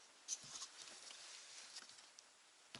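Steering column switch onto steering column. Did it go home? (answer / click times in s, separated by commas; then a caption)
no / none. A steering column switch assembly for a VAZ 2110, 2111 or 2112 is handled against the steering column. Soft scraping and rustling is broken by light taps near 0.3, 0.6 and 1.8 seconds, and a sharper tap comes right at the end. Nothing has seated or clicked into place yet.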